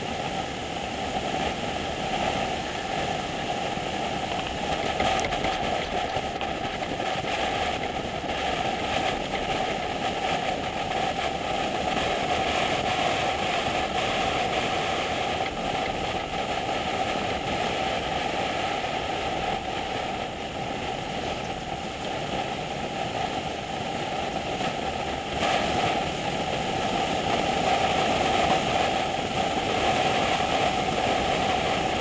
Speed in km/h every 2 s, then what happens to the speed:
77, 71, 72, 72, 71, 69, 66, 66, 66, 68, 68, 76, 72, 76, 77, 76.
0-11 slows to 66. 11-32 speeds up to 76.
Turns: none.